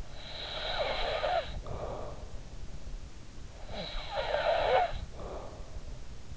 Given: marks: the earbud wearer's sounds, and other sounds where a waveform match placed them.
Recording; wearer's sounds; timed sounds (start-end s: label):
sounds in sleep by an in-ear microphone; snoring breath
0.07-2.81 s: snoring breath
3.61-5.94 s: snoring breath